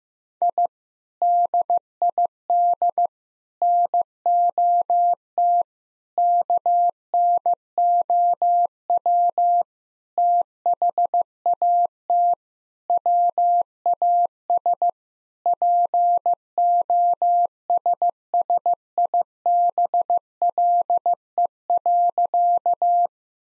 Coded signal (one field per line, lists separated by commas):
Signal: Morse code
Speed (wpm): 14 wpm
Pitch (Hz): 700 Hz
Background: none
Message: I DID NOT KNOW THAT WAS POSSIBLE.